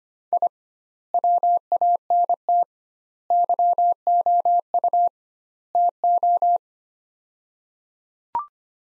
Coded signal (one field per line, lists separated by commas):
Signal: Morse code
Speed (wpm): 25 wpm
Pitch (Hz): 700 Hz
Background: none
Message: I WANT YOU TO